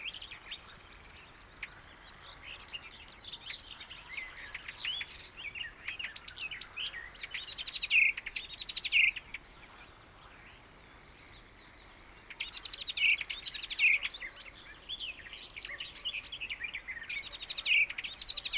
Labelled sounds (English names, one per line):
Icterine Warbler song